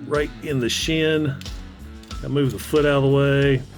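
A plastic blaster accessory is being handled to fit as a shin cover, pushed toward the peg hole in an action figure's shin while the foot is moved out of the way. Someone talks throughout, with guitar music playing underneath. Nothing has seated or clicked yet.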